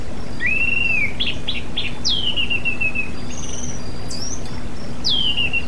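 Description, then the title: Oriental magpie-robin song: a clear whistled phrase sliding upward, a quick run of buzzy notes, then falling whistles, over a steady low hum. "Kicau Kacer"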